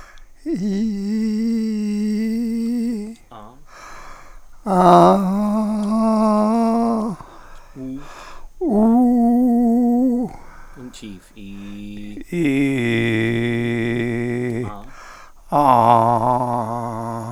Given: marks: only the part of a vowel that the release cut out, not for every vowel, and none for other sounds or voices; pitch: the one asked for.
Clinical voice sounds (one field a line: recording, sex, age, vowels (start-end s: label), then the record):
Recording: sustained vowels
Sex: male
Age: 70 to 79 years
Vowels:
0.67-2.64 s: vowel /i/, high pitch
5.94-6.97 s: vowel /a/, high pitch
8.77-10.19 s: vowel /u/, high pitch
12.50-14.30 s: vowel /i/, low pitch
15.94-17.16 s: vowel /a/, low pitch
From the record:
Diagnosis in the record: presbyphonia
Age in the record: 76 years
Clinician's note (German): Vox senilis